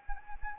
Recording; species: mosquito wingbeat signal from an infrared sensor; Anopheles arabiensis